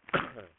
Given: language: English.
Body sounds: throat vibration sensor signal played as sound; cough

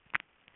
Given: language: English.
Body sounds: throat vibration sensor signal played as sound; swallow

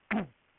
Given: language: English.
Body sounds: throat vibration sensor signal played as sound; throat clearing

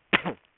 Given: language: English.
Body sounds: throat vibration sensor signal played as sound; cough

